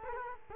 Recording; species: mosquito wingbeat signal from an infrared sensor; Culex quinquefasciatus